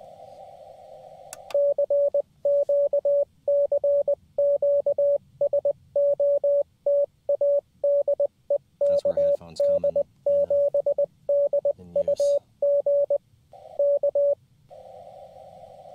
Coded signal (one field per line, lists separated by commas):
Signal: Morse code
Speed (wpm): 20 wpm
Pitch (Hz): 570 Hz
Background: radio noise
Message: CQ CQ SOTA DE KD7DUG K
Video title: Summits On The Air QRP CW Dipole Action Atop Iron Mountain